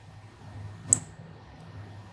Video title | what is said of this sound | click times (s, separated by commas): Kawasaki Ninja 400 FTECU ECU Flash Tune Bike Side Kit Install & Flash - Sportbike Track Gear | hey listen for the click right | 0.9 s